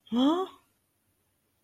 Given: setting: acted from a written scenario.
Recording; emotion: vocal sound without words; contempt